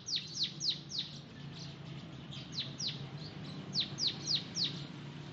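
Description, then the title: Oriental magpie-robin song: sharp downslurred whistles in loose series, a few fainter notes midway, then a clear run of four, over a noticeable low-pitched hum. "Kicau Kacer"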